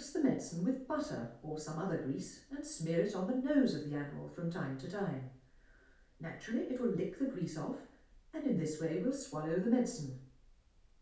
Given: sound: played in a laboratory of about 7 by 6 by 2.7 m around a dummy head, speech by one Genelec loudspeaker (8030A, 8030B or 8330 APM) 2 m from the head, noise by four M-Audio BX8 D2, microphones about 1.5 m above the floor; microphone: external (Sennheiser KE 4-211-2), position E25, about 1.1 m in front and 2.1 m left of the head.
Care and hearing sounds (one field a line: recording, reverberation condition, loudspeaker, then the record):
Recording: female speech in English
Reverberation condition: medium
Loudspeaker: 150 degrees to the right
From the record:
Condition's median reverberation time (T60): about 510 ms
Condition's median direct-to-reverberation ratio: about -0.5 dB